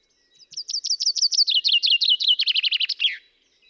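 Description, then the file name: Common chaffinch song: a fast run of bright chipping notes that speeds up and drops in pitch, ending in a quick flourish, about three seconds long, in quiet surroundings. "Fringilla coelebs"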